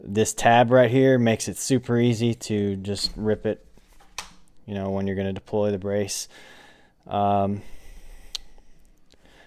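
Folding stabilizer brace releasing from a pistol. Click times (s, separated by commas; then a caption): 4.2 s. A plastic folding stabilizer brace on a pistol is pulled open by its tab to unlock and deploy it from the stowed position. Someone talks throughout, and a single strong snap sounds at 4.2 s as the brace releases. Fainter clicks and handling noise follow later in the clip.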